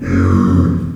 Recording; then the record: squeal of a Yucatan mini pig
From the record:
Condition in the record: after surgery on the right vocal fold (resection and tissue-engineered implant); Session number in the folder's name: 12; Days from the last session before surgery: 105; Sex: female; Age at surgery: 19 weeks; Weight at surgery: 25 kg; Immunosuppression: prednisolone